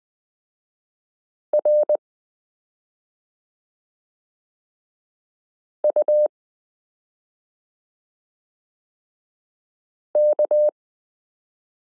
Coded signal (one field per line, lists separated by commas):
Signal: Morse code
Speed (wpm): 20 wpm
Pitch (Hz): 600 Hz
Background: none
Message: R U K